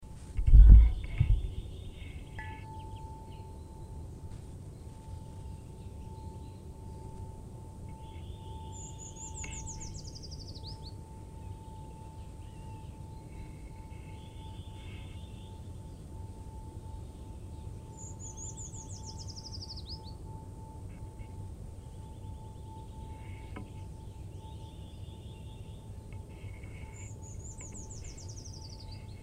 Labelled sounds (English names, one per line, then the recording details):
Eurasian Nuthatch song
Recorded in the wild
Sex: male
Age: adult
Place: Freiburg, Baden-Württemberg, DE
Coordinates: 48.0333, 7.82472
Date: 1960-03-28
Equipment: Maihak MMK 4, Sennheiser MD 82
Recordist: Thielcke, Gerhard